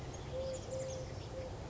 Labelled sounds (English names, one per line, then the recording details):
Eurasian Collared Dove
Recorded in Sonoma County, California